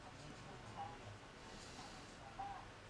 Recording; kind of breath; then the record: one breath in and out by a microphone near the nose and mouth; normal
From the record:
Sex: male